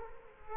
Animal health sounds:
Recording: mosquito wingbeat signal from an infrared sensor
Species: Culex quinquefasciatus

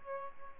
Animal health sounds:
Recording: mosquito wingbeat signal from an infrared sensor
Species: Aedes albopictus

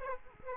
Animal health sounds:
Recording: mosquito wingbeat signal from an infrared sensor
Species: Aedes aegypti

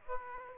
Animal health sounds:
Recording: mosquito wingbeat signal from an infrared sensor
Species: Aedes aegypti

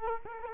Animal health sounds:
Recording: mosquito wingbeat signal from an infrared sensor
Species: Culex quinquefasciatus

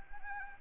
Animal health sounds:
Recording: mosquito wingbeat signal from an infrared sensor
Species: Anopheles arabiensis

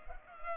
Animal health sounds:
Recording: mosquito wingbeat signal from an infrared sensor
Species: Culex pipiens

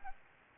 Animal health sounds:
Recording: mosquito wingbeat signal from an infrared sensor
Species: Anopheles gambiae

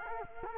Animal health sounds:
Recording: mosquito wingbeat signal from an infrared sensor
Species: Culex quinquefasciatus

